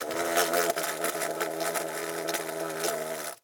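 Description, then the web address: Wasp buzzing its wings: a steady, low droning hum with rich overtones, broken by small taps and bumps as it knocks about, wavering in loudness throughout. Wasp trapped inside a container, flying and buzzing its wings. "Blast Wave Update 3 Wasp Trapped"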